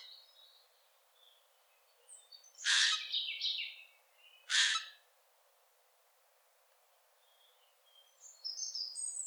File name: Garrulus glandarius